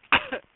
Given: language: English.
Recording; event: throat vibration sensor signal played as sound; cough